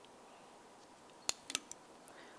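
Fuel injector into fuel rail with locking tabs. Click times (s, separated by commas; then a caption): 1.3 s, 1.6 s. A fuel injector with new o-rings from a 2010-2013 Ford Transit Connect is pressed into the fuel rail so that both retaining tabs lock. Sharp clicks sound at 1.3 s and 1.6 s, with a few smaller ticks around them over a quiet background. The injector is seated, locked into the fuel rail on both sides.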